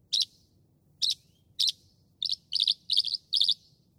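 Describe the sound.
Northern mockingbird uttering harsh, raspy notes: three spaced single notes, then four quicker doubled ones.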